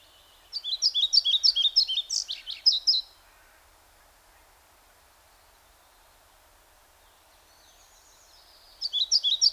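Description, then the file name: European pied flycatcher giving a fast see-sawing whistled song phrase, then a long pause of quiet background, then the phrase starting again. "Мухоловка пеструшка Ficedula hypoleuca"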